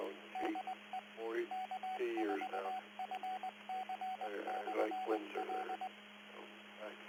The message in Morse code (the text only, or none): DE K4FC/L